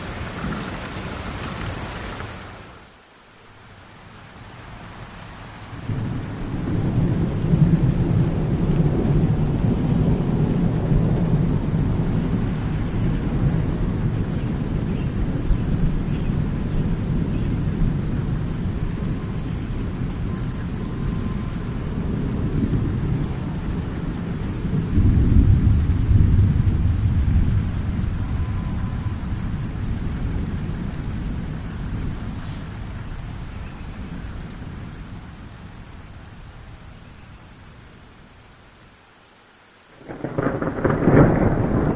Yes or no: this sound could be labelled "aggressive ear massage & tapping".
no